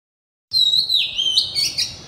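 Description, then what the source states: Oriental magpie-robin giving one loud, clear whistled phrase that slides downward and runs straight into a brief warbling flourish. Kacer singing in the loud, open ngeplong style.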